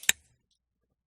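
With the barrel refitted after its loose barrel lug was dealt with, and the forend still off, the action of a break-action muzzleloader rifle is closed. A faint tick at about 0.0 s leads into one sharp metallic snap at 0.1 s as the barrel locks into the receiver, then silence. The action is seated and locked up with a crisp snap, which is a feature meant to press the primer into the breech plug.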